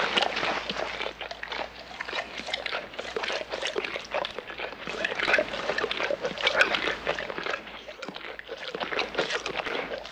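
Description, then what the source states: Bear eating, long stretch of sloppy wet chewing, squelching and crunching, irregular but continuous throughout. Eating, with wet chewing sounds.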